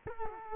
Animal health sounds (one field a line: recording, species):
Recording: mosquito wingbeat signal from an infrared sensor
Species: Culex quinquefasciatus